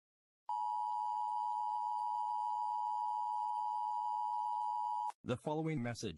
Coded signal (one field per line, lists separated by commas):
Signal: Emergency Alert System (SAME) tones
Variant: 853 and 960 Hz attention tone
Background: speech